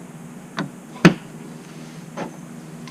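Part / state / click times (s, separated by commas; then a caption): pin into trolling motor mount bracket / seated / 1.0 s. Mounting pins are pushed into the mount bracket that secures a Minn Kota trolling motor on a kayak. A softer tap at about 0.6 s comes before a sharp, loud click at 1.1 s as a pin seats, followed by another faint tap near 2.2 s over a low steady hum. The pins are in place and the trolling motor is fully mounted.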